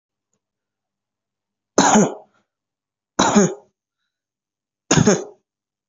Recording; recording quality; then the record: shallow voluntary cough; excellent, no background noise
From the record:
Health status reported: healthy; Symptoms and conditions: none ticked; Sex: male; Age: 33 years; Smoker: not ticked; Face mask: not worn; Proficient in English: yes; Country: India